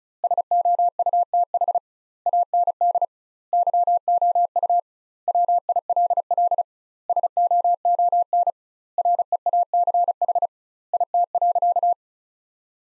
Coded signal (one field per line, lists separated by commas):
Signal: Morse code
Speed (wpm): 36 wpm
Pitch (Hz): 700 Hz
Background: none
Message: SOUTH AND YOU WILL SOON REACH IT.